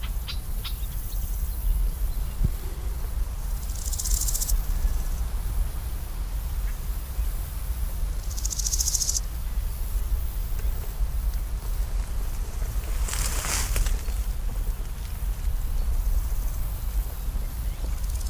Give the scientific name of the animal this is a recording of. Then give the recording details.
Chrysochraon dispar. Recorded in the wild. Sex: male. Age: imago. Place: Mühlenbecker Teiche, Tegeler Fließ, Berlin, DE. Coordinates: 52.6458, 13.3956. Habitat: pond. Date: 1992-06-21 12:32. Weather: sunny, 19-26 °C, strengthening winds. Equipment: Marantz CP 430, Sennheiser ME 80, Kopie Tesla B 116. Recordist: Tembrock, Günter